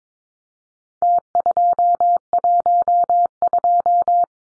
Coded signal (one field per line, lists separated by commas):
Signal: Morse code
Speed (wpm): 22 wpm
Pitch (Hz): 700 Hz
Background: none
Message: T212